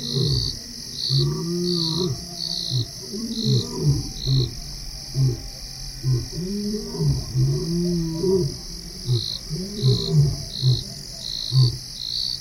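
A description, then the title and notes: A lion calls through the dawn in a long run of deep, moaning grunts, each rising and falling, repeating about once a second with slight swells in loudness. Behind it, a high, steady pulsing chirr keeps an even beat throughout, with faint calls underneath. Dawn In The Maasai Mara. It's 5am in Mara North Conservancy, just outside Masai Mara National Reserve in Kenya.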